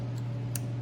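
A plastic wiring connector is pushed onto the last ignition coil, in a tight spot at the back of the engine of a 2016-2022 Lexus RX350. Over a steady low hum, a single short, sharp click sounds at 0.6 s as the connector seats onto the coil.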